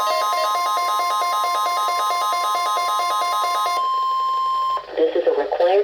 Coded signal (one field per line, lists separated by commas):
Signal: Emergency Alert System (SAME) tones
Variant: 1050 Hz attention tone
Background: speech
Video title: Weatheradio Canada XLF322 | Required Monthly Test and Extreme Cold Warning | 2022-01-05 (EAS #83-84)